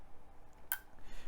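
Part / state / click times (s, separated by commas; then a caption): fiber optic connector into SFP module / seated / 0.7 s. A fiber optic LC connector is pushed into the SFP transceiver module in a TP-Link TL-SG2210P Smart PoE switch port. A sharp, bright click of the latch at 0.7 s confirms the connector is seated, followed by a much fainter tick around 1.0 s over quiet background noise.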